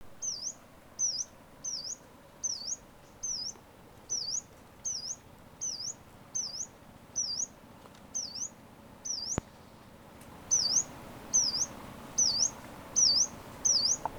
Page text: Frank Lambert - Пеночка-зарничка (Phylloscopus inornatus)